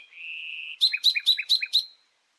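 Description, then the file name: Common nightingale song: a sustained clear whistled note, followed by five rapid, evenly spaced two-part chirps. "Luscinia megarhynchos"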